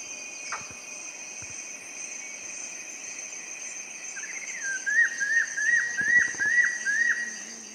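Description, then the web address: Brown capuchin whistles: a long rising note leads into a quick string of clear, repeated dipping whistles, with a constant shrill insect hum behind. Brown capuchin monkey in South American rainforest. "Nature Songs S America Primates of the Rainforest Brown capuchin monkey"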